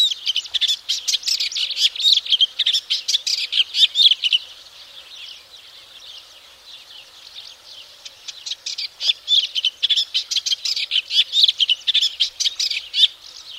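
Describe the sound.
Eastern olivaceous warbler song, a fast scratchy chattering run of short notes for about four seconds, a quieter pause, then another rapid churring burst.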